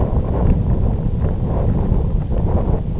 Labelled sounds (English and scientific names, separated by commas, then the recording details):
none
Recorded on Arctic tundra, site IGLO-F, on 18 June 2018
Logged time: 22:00